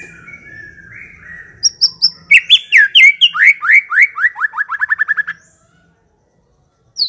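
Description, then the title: White-rumped shama song of sweet whistles leading into a quickening series of downslurred notes that speeds up then stops, with a faint low hum underneath. Lure recording of an aggressive bird. "Pancingan Murai Batu Galak"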